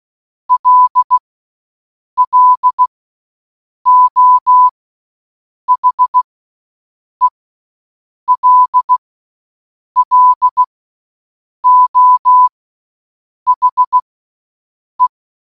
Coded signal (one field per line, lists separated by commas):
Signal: Morse code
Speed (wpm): 16 wpm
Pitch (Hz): 1000 Hz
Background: none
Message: LLO HELLO HE